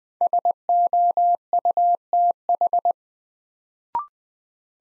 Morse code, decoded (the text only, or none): SOUTH